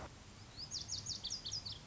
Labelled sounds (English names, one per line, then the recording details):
Lazuli Bunting
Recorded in Sonoma County, California